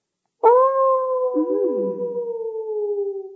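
Mountain wolves howling in the distance: one long, steady howl with a slowly falling pitch rises abruptly and holds, while a second, lower, wavering howl briefly joins partway through. No talking.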